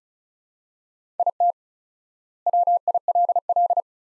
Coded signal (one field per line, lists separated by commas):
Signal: Morse code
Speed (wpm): 36 wpm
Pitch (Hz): 700 Hz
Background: none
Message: IT WILL